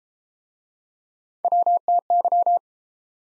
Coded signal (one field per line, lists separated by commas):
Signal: Morse code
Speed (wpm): 38 wpm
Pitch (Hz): 700 Hz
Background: none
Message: WTY